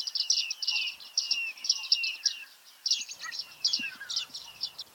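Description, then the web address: Bearded reedling calls, high twangy pings in short clusters separated by brief pauses, with quiet background rustle. Calls recorded in 2019. "geluiden baardman 2019 roep"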